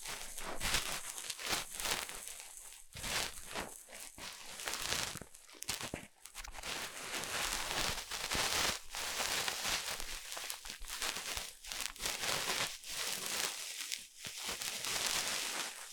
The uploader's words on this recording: 掏耳朵. Ear Cleaning.